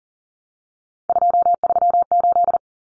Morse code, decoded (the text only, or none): 238